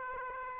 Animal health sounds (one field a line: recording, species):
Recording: mosquito wingbeat signal from an infrared sensor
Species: Aedes aegypti